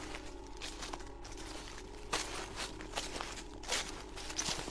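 Footsteps crunch and rustle through dry leaves beside a house in a steady walking rhythm, each step a soft crackly burst over a low constant hum, with a few louder crunches toward the end.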